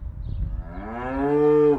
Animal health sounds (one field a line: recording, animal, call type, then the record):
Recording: contact call of a hoofed animal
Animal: cattle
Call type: low-frequency (closed-mouth) or high-frequency (open-mouth) call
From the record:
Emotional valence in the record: positive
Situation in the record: physical reunion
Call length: 1.80 s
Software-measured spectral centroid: 840 Hz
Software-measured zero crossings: 720 a second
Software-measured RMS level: -22 dBFS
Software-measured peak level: -9 dBFS